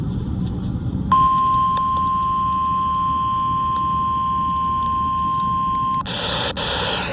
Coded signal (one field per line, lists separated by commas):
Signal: Emergency Alert System (SAME) tones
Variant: 1050 Hz attention tone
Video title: LAST NWR TEST OF 2020! EAS #13| Required Weekly Test| KXI76